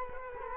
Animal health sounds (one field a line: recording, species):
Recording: mosquito wingbeat signal from an infrared sensor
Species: Culex quinquefasciatus